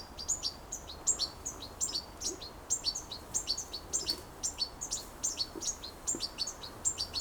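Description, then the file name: European goldfinch twitter: quick high chirps repeated in a lively steady stream against soft background noise. "Carduelis carduelis"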